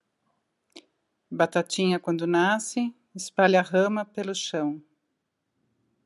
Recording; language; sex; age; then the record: short text; Brazilian Portuguese; female; 50 to 59 years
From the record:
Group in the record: control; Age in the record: 57 years